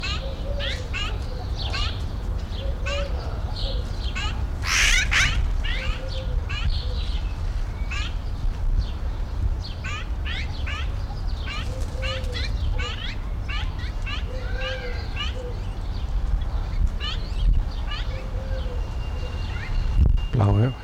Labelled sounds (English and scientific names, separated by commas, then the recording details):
Azure-winged Magpie (Cyanopica cyanus) call, Himalayan Snowcock (Tetraogallus himalayensis), European Turtle Dove (Streptopelia turtur)
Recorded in captivity
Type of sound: call, call sequence
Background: Tetraogallus himalayensis, Streptopelia turtur
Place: Zoo Dresden, Sachsen, DE
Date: 1993-05-17 13:50
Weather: heiter, 22-26°C
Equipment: Sony WM-D6C, Sennheiser ME 80, Kopie Uher Variocord 263
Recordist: Tembrock, Günter
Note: Lautfolgen auf dem Nest (5 m)